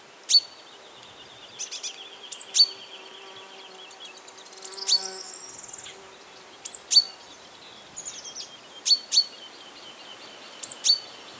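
Great tit calling with crisp, high metallic notes at irregular intervals, some paired, mixed with a thin rattle and softer whistled notes.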